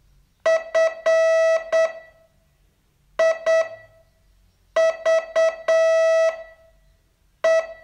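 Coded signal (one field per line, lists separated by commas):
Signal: Morse code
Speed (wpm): 8 wpm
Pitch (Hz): 650 Hz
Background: none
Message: FIVE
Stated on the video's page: Morse training test, day 31 of a 42-day course.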